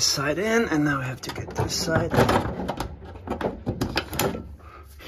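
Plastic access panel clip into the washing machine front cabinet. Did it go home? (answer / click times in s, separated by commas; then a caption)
yes / 4.2 s. A plastic access panel is refitted onto the front cabinet of a Whirlpool WFW6620HW front-load washing machine after its drain pump filter has been cleaned. Someone talks as the second side of the panel is pushed in, and a few short plastic taps and knocks are heard. At 4.2 s a sharp little click sounds as the panel's plastic clip snaps into place, and the panel is seated.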